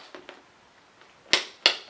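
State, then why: Not seated. The leather flap of a Coach Riley Top Handle 18 handbag in Peacock is let fall onto its metal clasp instead of being pressed into the slot. A few faint taps early on are followed by three sharp, loud slaps against the hardware at about 1.3, 1.7 and 1.9 seconds. The flap does not latch, and nothing has clicked or closed.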